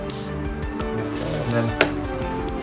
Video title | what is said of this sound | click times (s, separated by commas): ITS LIKE NEW! - HP Brio Restoration Part 3 | it in until it clicks either side perfect now | 1.8 s